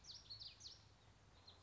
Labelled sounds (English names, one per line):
Common Yellowthroat